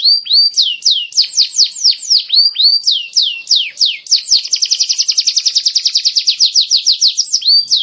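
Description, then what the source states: Canary song with rapid falling whistled notes that give way to a fast, dense rolling trill midway, then return to slurred notes. Champion singer.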